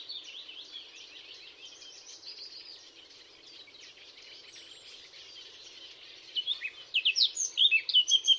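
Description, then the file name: Eurasian blackcap song: extended quiet, rapid chattering warble, then a sudden loud bright sequence of clear whistled notes in the final seconds. "Sylvia atricapilla"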